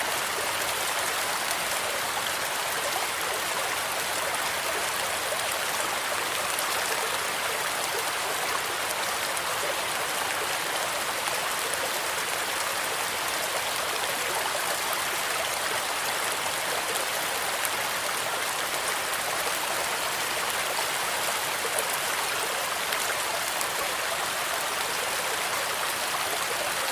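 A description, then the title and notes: Rain noise and a forest stream blend into a dense, steady hiss that holds unchanged for the whole stretch. The sound sits mostly in the bright upper range with little low rumble, even, with fine crackling detail but no distinct separate events. Relaxing Rain Noise + Forest Stream.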